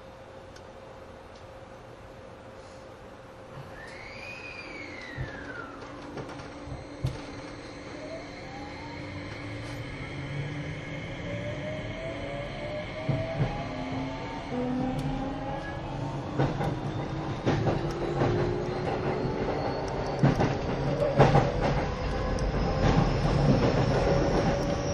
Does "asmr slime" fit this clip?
no